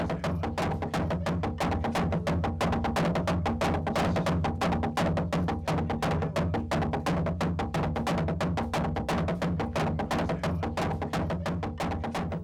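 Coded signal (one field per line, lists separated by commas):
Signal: drum signal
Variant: garamut slit drums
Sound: fast continuous hollow wooden drum strikes, several per second, in a steady driving rhythm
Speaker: enormes garamut anuncian el comienzo de la ceremonia nada más caer el sol.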